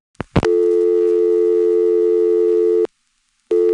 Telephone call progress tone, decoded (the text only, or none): dial tone